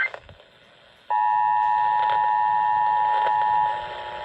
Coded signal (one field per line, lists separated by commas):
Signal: Emergency Alert System (SAME) tones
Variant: 853 and 960 Hz attention tone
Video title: Enhanced Chaos | EAS Alerts from 4/4/22 (EAS #107-153)